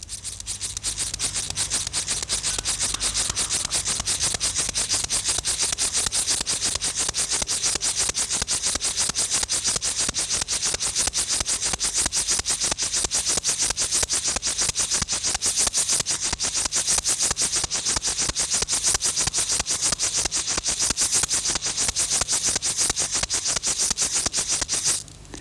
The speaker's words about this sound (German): Damit ihr das in aller Ruhe machen könnt, lassen wir hier inzwischen die Feldheuschrecke nochmal singen.